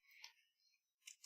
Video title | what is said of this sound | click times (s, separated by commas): Jose Rodriguez Sunday Live Stream 1-12-2020! | Pop this in like so. Snap it in place. You heard that click? That click. | 1.1 s